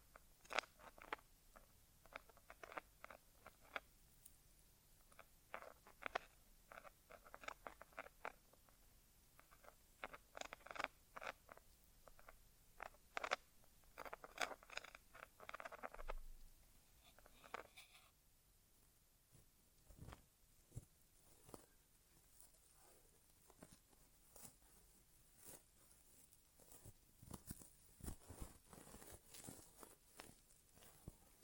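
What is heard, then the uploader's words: An inner ear exam with no talking, made of soft tapping, scratching and rustling touches that come in quick irregular bursts. The sounds are dry and bright, with a brief smoother scraping stretch around the sixteen-second mark, and a faint high hiss later on. ASMR Inner Ear Exam (No Talking).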